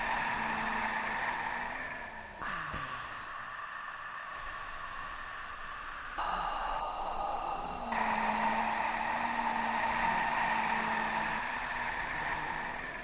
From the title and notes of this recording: I was working with a microphone (AT-2010) and looper (Boss RC-505), which has five tracks. I produced each of these sounds with my mouth, using only breath, no tone. I used the looper to record and repeat these sounds, to give a sense of the whispered word, without revealing it directly.